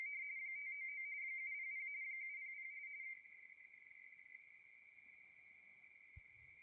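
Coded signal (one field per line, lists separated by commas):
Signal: RTTY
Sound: rapid warbling between two close high tones, continuous, slightly quieter after three seconds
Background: faint radio static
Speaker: Looks like they're having a hard time getting the numbers.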